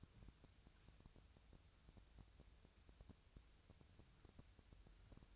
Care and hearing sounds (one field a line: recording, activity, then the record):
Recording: daily activity, microphone in the room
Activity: wipe stove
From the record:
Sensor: 2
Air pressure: 1001.5 hPa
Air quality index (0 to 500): 225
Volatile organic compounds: 24 ppm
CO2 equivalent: 2818 ppm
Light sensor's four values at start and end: 7/26/10/9 and 7/26/10/9